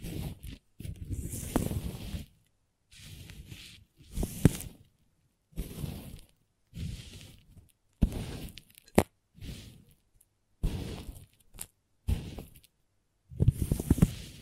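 Crayons scrape and scratch across a surface in short bursts, each a second or so long, separated by brief silences. The strokes are gritty and rough with a hissy top, and a few sharp taps or clicks punctuate them, notably near nine and eleven seconds.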